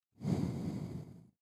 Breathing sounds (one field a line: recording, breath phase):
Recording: one breath near a microphone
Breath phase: exhalation